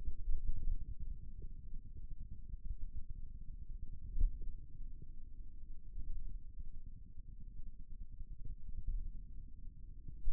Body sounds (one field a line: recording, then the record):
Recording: forearm muscle sounds (acoustic myography)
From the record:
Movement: pen grasping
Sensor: system 2, bracelet of six BSWA MPA416 microphones around the upper forearm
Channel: 3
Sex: male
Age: 22 years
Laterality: right